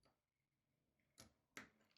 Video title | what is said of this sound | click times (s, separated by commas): Canon Demi S Assembly / Disassembly Half Frame 35mm Camera | where this slot is and it will snap into place | 1.6 s